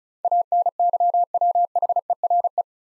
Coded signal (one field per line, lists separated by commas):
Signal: Morse code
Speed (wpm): 36 wpm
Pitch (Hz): 700 Hz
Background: none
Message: ANYWHERE